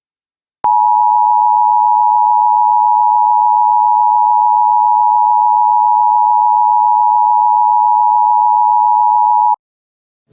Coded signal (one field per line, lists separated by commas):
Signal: Emergency Alert System (SAME) tones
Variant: 853 and 960 Hz attention tone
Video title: EAS PC - Esperen a 2017